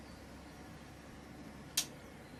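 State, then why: Released. On an electric pressure cooker that has been switched off and has depressurised, the pressure float valve locking the lid drops, giving a single sharp click at 1.8 s over a steady low background hiss. The lid lock is released, and the lid can now be opened.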